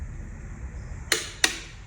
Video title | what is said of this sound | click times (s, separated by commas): BMW R NineT / How To Remove And Refit Install The Rear Wheel | when you hear the torque wrench click don't go any further | 1.1 s, 1.4 s